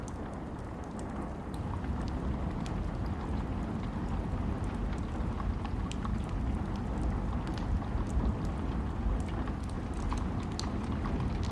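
A campfire burns steadily with a deep, continuous rumble of wind beneath it. Small sharp crackles and pops flicker throughout, scattered irregularly and fairly often, standing out brightly above the low, dense roar that holds an even level across the whole clip.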